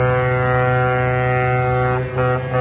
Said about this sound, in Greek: τι να σου κάνω που δεν ήταν η φέτα πάνω να ακούσεις την μπουρού.